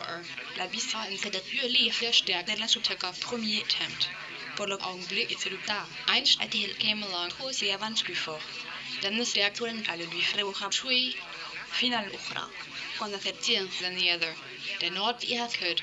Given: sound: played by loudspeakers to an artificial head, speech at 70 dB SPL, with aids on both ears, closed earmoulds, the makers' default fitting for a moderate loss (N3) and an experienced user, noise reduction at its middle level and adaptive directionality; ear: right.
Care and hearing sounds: speech test signal (ISTS) in cocktail-party noise; +9 dB; on the right (90 degrees)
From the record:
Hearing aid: class 1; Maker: A

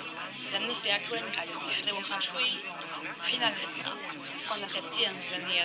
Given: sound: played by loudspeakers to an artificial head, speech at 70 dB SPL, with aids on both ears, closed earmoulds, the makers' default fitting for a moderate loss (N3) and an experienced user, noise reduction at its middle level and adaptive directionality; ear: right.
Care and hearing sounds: speech test signal (ISTS) in cocktail-party noise; -6 dB; on the right (90 degrees)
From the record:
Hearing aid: class 1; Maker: G

